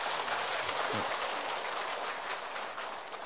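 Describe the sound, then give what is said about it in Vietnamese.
Steady applause from an audience of Buddhist practitioners, given for those who have attended and practised since the first year. A dense wash of many hands clapping at an even loudness for a few seconds, with a brief low voice murmuring underneath at the start. “Dạ, xin chân thành cảm ơn các vị, cho tràng pháo tay.”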